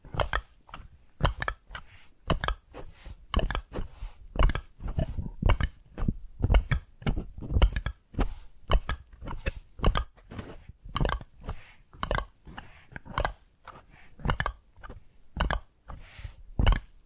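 Tapping triggers: sharp, crisp taps land in a fairly steady but uneven rhythm, roughly two or three per second, throughout the clip. Each tap is short and bright with a woody knock underneath, and a soft rustle fills the quiet gaps between them.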